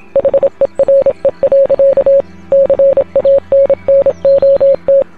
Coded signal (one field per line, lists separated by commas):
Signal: Morse code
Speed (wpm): 26 wpm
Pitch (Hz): 550 Hz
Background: none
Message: HERE. CANNOT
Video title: All OXENFREE Morse Code Translations and Backstory! SPOILERS